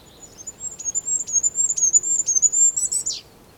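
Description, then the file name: Goldcrest song, a quick cycling series of very high, needle-thin notes for about two and a half seconds, ending in a sharp downward twist. Song; Europe. "Wintergoldhaehnchen Gesang Voegel in Europa"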